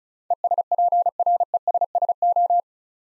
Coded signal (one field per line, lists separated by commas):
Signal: Morse code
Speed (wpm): 36 wpm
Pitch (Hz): 700 Hz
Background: none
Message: ESPRESSO